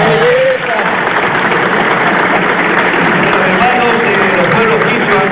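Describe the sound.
A crowd in Ecuador applauds loudly and steadily for about five seconds during a Saturday radio broadcast with the president, a dense wash of clapping with a few faint voices and cheers mixed into the noise.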